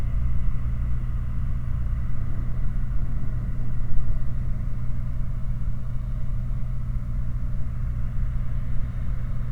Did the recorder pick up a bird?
no